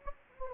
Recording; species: mosquito wingbeat signal from an infrared sensor; Anopheles gambiae